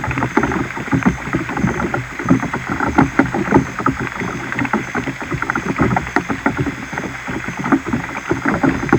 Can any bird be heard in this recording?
no